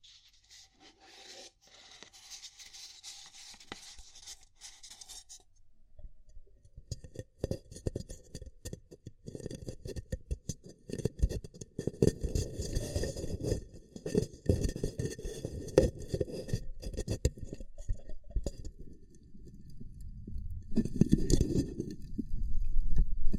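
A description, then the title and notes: Ear cupping sounds: an airy hiss opens the first five seconds, then muffled low rubbing and crackly cupping fills the rest. The cupping pulses irregularly and grows louder over time, peaking in a dense, crunchy burst near twenty-one seconds. Extremely Tingly Ear Cupping Triggers ASMR (No Talking).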